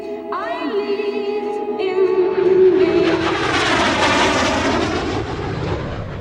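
An airplane roars overhead, opening with a whining engine tone that rises in pitch, then a broad, loud rushing drone swells toward the middle and holds steady, with no voices.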